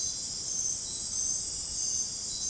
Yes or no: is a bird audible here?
no